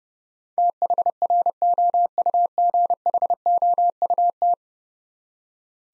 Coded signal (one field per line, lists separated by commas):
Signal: Morse code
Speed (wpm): 30 wpm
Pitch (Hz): 700 Hz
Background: none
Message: THROUGHOUT